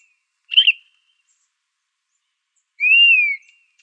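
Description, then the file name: Dusky-capped flycatcher: a short, rough burred note, then after a pause one long plaintive whistle that rises a little and falls away. Arizona, 15 July 2006. "DCFL 2 deviche"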